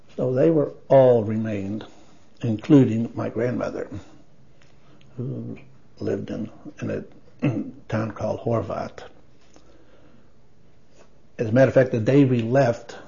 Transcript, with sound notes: So they were-- all remained, including my grandmother, whom lived in—in a (clears throat) town called Horvadt. As a matter of fact the day we left,